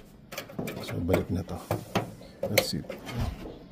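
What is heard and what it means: Someone talks while handling a license plate lamp assembly on a Toyota GR Corolla Altis, pushing it back into the rear trim opening after a plate bulb change, with soft plastic knocks and rustling throughout. The clip ends before the assembly goes home, so nothing has seated or clicked yet.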